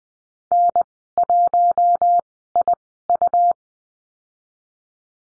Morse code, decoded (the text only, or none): N1IU